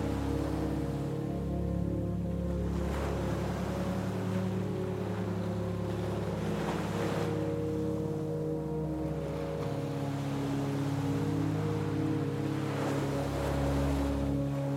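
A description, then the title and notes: Soft, sustained music holds low, steady tones and a gentle drone throughout. Waves wash in beneath it in slow swells, rising around three, seven and thirteen seconds, while the overall level stays even and calm. Soft music and the soothing sound of waves.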